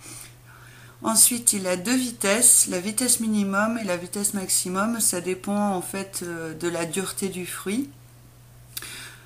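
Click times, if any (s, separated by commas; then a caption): 8.8 s. Someone talks for most of the clip, then the locking arm on the lid and body of a Philips Avance Collection juicer is unlocked to take the machine apart for cleaning. A single sharp click sounds at 8.8 s as the arm releases open.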